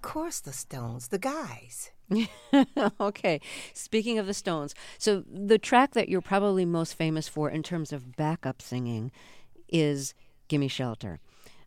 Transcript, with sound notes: Of course, the Stones, the guys.
(Laughter) OK, speaking of the Stones - so the track that you're probably most famous for in terms of backup singing is "Gimme Shelter."